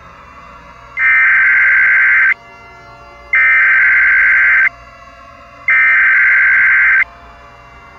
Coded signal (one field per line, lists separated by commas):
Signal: Emergency Alert System (SAME) tones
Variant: header bursts